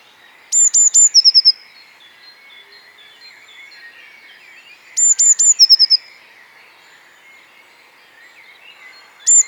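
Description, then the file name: Eurasian Blue Tit song: two or three very high thin notes dropping into a short rapid trill, given twice, with a third starting at the end, with a twittering chorus of other birds beneath. "Cyanistes caeruleus"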